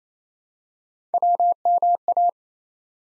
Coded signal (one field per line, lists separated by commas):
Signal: Morse code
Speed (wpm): 29 wpm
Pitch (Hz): 700 Hz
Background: none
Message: WMA